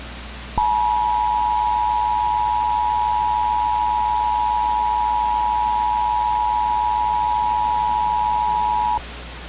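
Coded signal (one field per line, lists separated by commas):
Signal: Emergency Alert System (SAME) tones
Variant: 853 and 960 Hz attention tone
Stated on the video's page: Fictional scenario of a Florida power plant meltdown; tones are likely valid.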